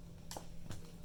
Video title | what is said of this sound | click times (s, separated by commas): Chomebook HP 11 G5 screen replacement | can heat it still clicking into place but have not fully lined up | 0.3 s